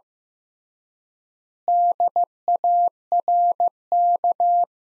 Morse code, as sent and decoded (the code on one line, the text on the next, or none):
-.. .- .-. -.-
DARK